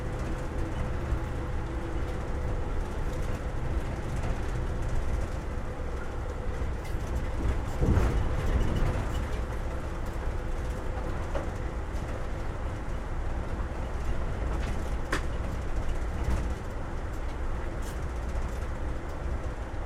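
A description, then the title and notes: A steady, dense rumble of a train ride, heavy in the low end with a constant hiss over it. A faint hum holds throughout, and brief clunks and rattles break through around eight seconds and again near fifteen and sixteen seconds. Train Ride From Tampa To Ft.Lauderdale.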